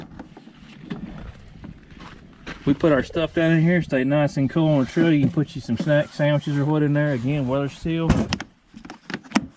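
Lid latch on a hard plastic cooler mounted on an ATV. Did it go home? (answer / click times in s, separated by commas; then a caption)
yes / 9.1 s, 9.4 s. Someone talks over a hard plastic Milwaukee cooler mounted on an ATV, then shuts its weather-sealed lid and snaps the latches closed. Sharp latch clicks land at 9.1 s and 9.4 s, and the lid locks tight.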